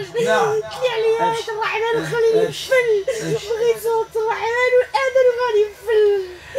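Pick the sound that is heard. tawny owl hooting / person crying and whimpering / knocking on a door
person crying and whimpering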